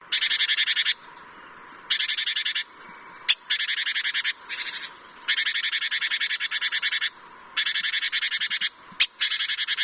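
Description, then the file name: Great tit giving harsh, buzzy rattling calls, bursts of under a second to nearly two seconds long, repeated after short pauses, with a few sharp clicks between bursts. "Parus major"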